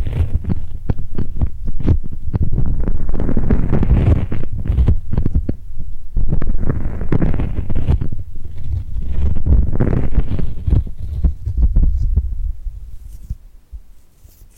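Sticky, crackling hand sounds, with skin pulling apart from glue in quick clicks and pops over a low thumping rumble. The sound comes in dense swells, with busier, brighter stretches around four, seven and ten seconds, then thins and fades near the end.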